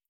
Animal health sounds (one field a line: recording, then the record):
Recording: hydrophone in a shrimp aquaculture tank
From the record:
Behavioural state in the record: feeding